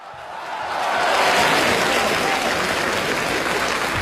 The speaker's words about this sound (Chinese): 哎呀，掌声太热烈了。 常老师 啊，怎么样？ 听见了吗？ 怎么没听见？ 听见了吧？ 受鼓励啊！ 你看看，亲爱的观众朋友们，这个掌声啊，够多么热烈！ 太热烈了。